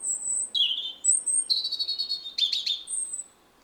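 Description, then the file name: European robin song: a high pure whistle dropping to a lower note, then a fast trill and sharp sliding chips, ending on a thin high note. "Erithacus rubecula"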